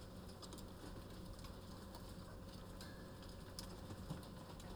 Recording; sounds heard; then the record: poultry house recording; healthy chickens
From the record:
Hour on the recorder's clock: 14